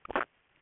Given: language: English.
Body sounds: throat vibration sensor signal played as sound; swallow

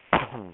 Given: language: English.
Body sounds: throat vibration sensor signal played as sound; cough

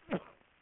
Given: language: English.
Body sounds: throat vibration sensor signal played as sound; cough

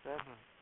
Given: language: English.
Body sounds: throat vibration sensor signal played as sound; speech

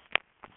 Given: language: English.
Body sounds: throat vibration sensor signal played as sound; swallow

